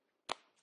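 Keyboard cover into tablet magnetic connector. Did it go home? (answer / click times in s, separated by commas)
yes / 0.3 s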